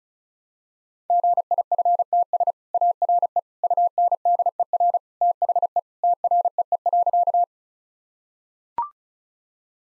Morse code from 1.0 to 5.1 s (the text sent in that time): GIFTS ARE UNDER